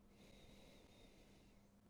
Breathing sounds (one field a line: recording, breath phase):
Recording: one breath near a microphone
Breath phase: exhalation